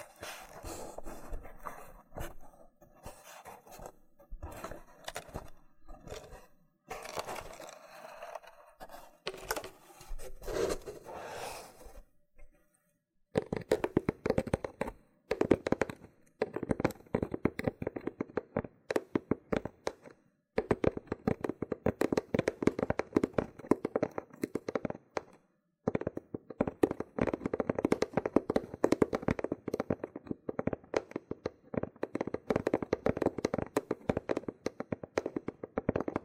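Loofah rubbing makes dense crackling, peeling and popping sounds in bursts, quieter and patchier at first, then louder and busier after about thirteen seconds.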